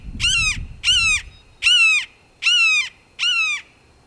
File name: red-shouldered hawk